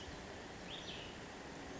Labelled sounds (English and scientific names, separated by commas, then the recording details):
Cassin's Vireo (Vireo cassinii)
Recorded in Sonoma County, California